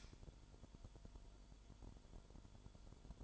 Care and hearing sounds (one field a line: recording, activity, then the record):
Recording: daily activity, microphone in the room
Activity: light on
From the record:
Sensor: 5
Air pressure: 1008.0 hPa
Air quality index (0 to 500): 104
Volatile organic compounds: 1 ppm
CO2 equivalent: 812 ppm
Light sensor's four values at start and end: 30/69/28/27 and 30/71/28/28